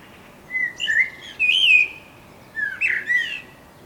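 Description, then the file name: Eurasian blackbird singing short mellow whistled phrases of a few warbled fluty notes. "Turdus merula"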